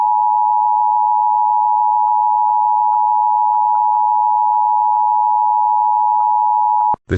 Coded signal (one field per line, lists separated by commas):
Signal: Emergency Alert System (SAME) tones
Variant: 853 and 960 Hz attention tone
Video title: EAS Mock: Another Michigan EAS Test (Requested)